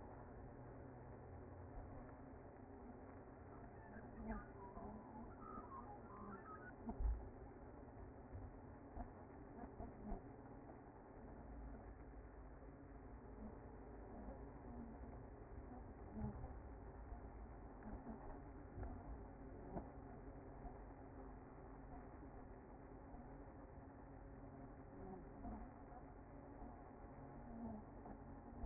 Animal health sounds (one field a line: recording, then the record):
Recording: honeybee colony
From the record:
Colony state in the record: active